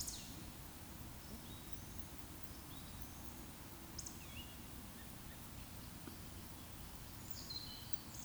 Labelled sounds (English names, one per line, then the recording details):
Eurasian Woodcock whistle
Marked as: whistle, whistle, whistle
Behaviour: display flight
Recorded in Baden-Württemberg, Germany, on 19 June 2020 at 19:50 UTC
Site 44397, 226 m above sea level